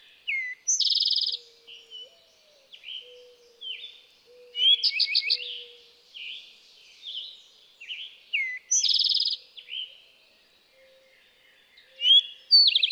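Eastern towhee phrases of clipped notes ending in rapid trills, heard a few times, with other birds singing behind, including a louder pulsed phrase.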